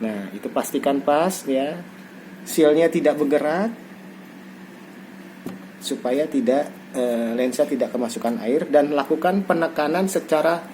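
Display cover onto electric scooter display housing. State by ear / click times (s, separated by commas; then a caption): not seated / none. A display cover is aligned over the display housing of a Gesit electric scooter, with the white waterproof seal kept in place so water cannot get into the lens, before the cover is pressed down evenly on all sides. Someone talks throughout over a steady low hum. Nothing has clicked or seated yet.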